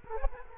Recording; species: mosquito wingbeat signal from an infrared sensor; Culex quinquefasciatus